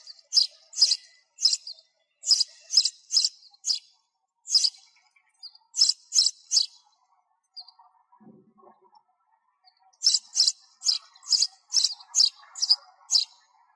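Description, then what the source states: Sparrow calling with clusters of high sharp chirps, broken by a longer silent stretch midway before the rapid chirping resumes. Sparrow calling to its flock.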